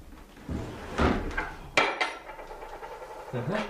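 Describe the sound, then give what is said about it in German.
A stuck wooden drawer scrapes and judders as it is tugged open, with a sharp knock partway through and softer rubbing after, fairly loud, with a faint voice underneath. “Hier ist eine Schublade geklemmt.”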